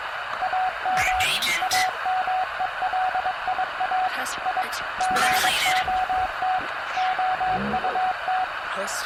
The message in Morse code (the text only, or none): AM AMELIA I GOT OUT